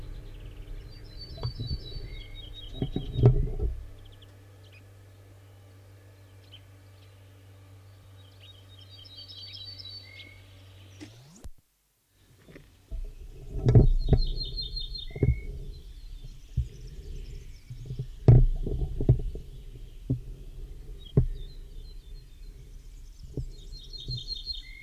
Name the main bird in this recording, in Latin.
Emberiza hortulana